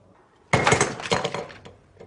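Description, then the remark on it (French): A paper ball and a box of sand, held one in each hand and let go at the same time, drop onto a hard floor together, landing in one sudden loud crash followed by a rattling, scattering clatter that fades over a second, then a couple of faint ticks. “Je les lâche en même temps, ils vont arriver au sol ensemble.”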